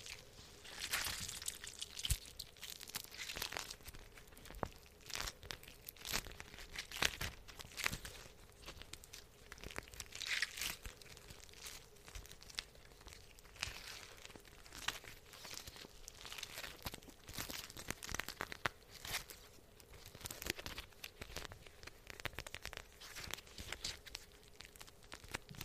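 Dry crinkling and crunching fills the clip, with many sharp, bright crackles arriving in quick irregular bursts and no pause. A faint steady hum runs underneath, with occasional soft taps among the rustling.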